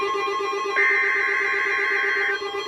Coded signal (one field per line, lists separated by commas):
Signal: Emergency Alert System (SAME) tones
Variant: header bursts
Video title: Severe Thunderstorm Watch #422 - EAS #484